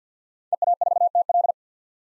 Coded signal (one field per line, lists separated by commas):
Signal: Morse code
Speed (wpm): 50 wpm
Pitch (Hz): 700 Hz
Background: none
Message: EA4TL